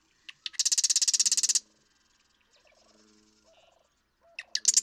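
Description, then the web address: Marsh Wren song: a few sharp introductory ticks, then a fast buzzy rattling trill lasting about a second, with another song starting at the end; faint low notes behind. "birdsongforthecurious songs Marsh Wren"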